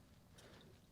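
A wiring harness connector with a slide-lock lever for a Hansshow power frunk on a Tesla Model 3/Y is handled as it is plugged into the vehicle harness plug, with its locking lever about to be slid closed. A brief burst of handling noise rises around 0.4 s over a low, steady background. Nothing has seated or clicked yet.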